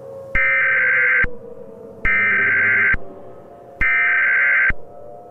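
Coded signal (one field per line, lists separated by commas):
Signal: Emergency Alert System (SAME) tones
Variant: header bursts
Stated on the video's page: Mock EAS tornado warning for Long Island.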